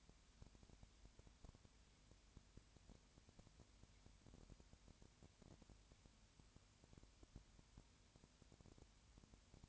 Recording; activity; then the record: daily activity, microphone in the room; no activity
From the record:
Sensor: 2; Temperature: 20.4 degrees Celsius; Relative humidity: 35.5%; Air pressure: 1007.1 hPa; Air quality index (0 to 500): 122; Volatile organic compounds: 2 ppm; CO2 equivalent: 1257 ppm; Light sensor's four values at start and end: 2/3/2/2 and 2/3/2/2